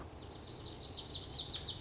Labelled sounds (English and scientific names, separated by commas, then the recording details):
Lazuli Bunting (Passerina amoena)
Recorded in Sonoma County, California